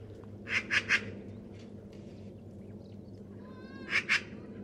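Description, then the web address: Bird calls in short harsh bursts, three quick notes then a pause and two more near the end, over a steady low hum. "cianscape birddata Deverinetal"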